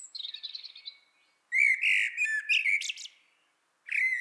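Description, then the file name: Common blackbird song: a brief squeaky chatter, then a warbled phrase near mid pitch ending in high thin twittering notes, with a fresh phrase starting at the end. "Turdus merula"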